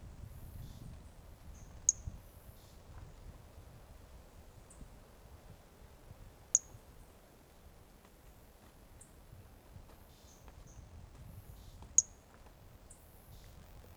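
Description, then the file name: Brachycephalus mirissimus toadlet calls: three brief, sharp, very high notes spaced about five seconds apart over a low, steady background hiss. Single individual recorded 18 January 2018; first note of the call missing; animal not collected. "Brachycephalus mirissimus 18 jan 2018 individual 05 ex 04 fist note missing L F Ribeiro"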